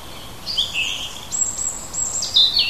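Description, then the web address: Bird song: a quick run of high, clear whistled and trilled notes, some slurred downward, others held steady, with soft background hiss. Native hedge birds recorded in June, from school biology teaching material on hedge ecology. "oeko hecke vogel juni vogel j 6 3 heimisch"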